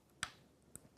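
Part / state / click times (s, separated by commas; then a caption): main spindle into mortise lock cassette / seated / 0.2 s. A star-shaped main spindle, lined up in the diamond orientation, is pushed into a mortise lock cassette until it snaps in at 0.2 s with a sharp click. A fainter tick follows at about 0.8 s. The snap confirms the spindle is seated in the cassette.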